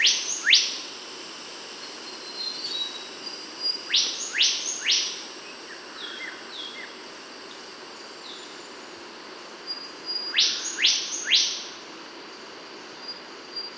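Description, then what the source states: Bornean whistler repeating short clusters of two or three quick rising whistles, with softer level and falling notes between bursts and a continuous high insect drone. Kalimantan.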